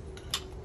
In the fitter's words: sure is pushed in you'll hear a little snap some cases